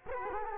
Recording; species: mosquito wingbeat signal from an infrared sensor; Culex quinquefasciatus